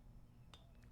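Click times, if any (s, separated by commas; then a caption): 0.5 s. A torque wrench tightens a spark plug into the cylinder head of a Harley-Davidson Road Glide motorcycle engine, set to 8 foot-pounds. One short, sharp metallic click is heard at 0.5 seconds over a low steady hum, with a fainter ring shortly after. The wrench clicks at its setting, confirming the plug is torqued to 8 foot-pounds.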